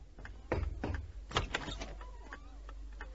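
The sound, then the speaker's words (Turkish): Several dull, heavy knocks on a door land unevenly in the first second and a half, followed by softer rattling and clatter over a steady low hum. No one speaks. “Hah bak, adını andın, kapı çaldı.”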